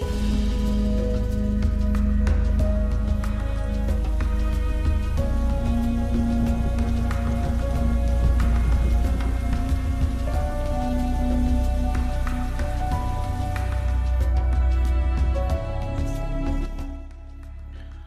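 Steady, dense rain patters continuously at night with sustained low tones humming beneath it, holding an even loudness before dropping off slightly near the end.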